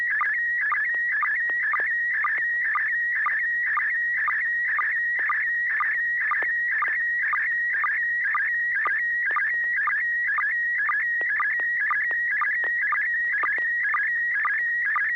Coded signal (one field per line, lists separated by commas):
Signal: SSTV (slow-scan television)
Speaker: Joel if you want to kick off the first uh picture transmission go right ahead